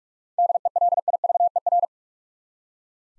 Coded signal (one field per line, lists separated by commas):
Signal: Morse code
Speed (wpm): 46 wpm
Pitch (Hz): 700 Hz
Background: none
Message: DELIVER